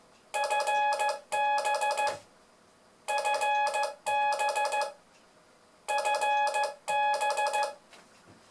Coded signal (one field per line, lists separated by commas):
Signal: Morse code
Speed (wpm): 15 wpm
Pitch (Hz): 840 Hz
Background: none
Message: FB FB FB